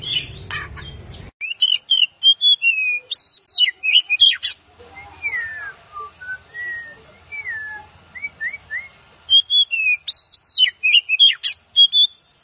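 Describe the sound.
Oriental magpie-robin song: bursts of sharp, clear whistles and rapid notes, a quieter passage of soft slurred whistles in the middle, then loud whistled phrases return.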